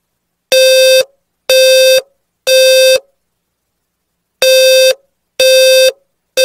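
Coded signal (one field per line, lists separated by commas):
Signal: alarm pattern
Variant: 520 Hz low-frequency square wave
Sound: three buzzy low half-second beeps, a pause, then three more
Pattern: temporal three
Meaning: Fire alarm: evacuate the building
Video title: Low Frequency 520 Hz Fire Alarm sound effect and visual light effect all in temporal 3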